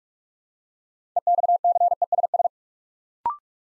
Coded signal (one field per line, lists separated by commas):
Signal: Morse code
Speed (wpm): 47 wpm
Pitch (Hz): 700 Hz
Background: none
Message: EXCESS